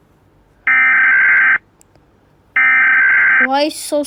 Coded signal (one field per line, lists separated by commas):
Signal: Emergency Alert System (SAME) tones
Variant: header bursts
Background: speech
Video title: Eas alarms @wubzzy26